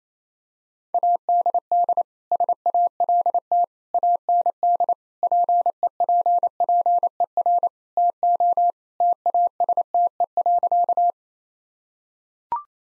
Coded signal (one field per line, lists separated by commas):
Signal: Morse code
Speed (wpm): 28 wpm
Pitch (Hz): 700 Hz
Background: none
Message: ADD SALT AND PEPPER TO TASTE.